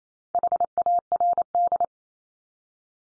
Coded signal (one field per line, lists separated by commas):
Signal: Morse code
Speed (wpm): 28 wpm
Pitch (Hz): 700 Hz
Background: none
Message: HARD